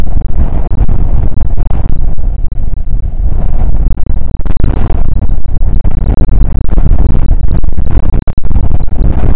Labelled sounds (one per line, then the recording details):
wind
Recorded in the Prudhoe Bay oil fields, Alaska, on 19 July 2019 at 00:04
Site 25